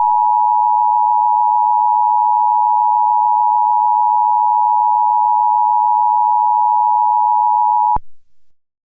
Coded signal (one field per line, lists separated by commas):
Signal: Emergency Alert System (SAME) tones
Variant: 853 and 960 Hz attention tone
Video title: Fake EAS #2: Reynolds style TV EAS Severe Thunderstorm Warning - 4/23/2013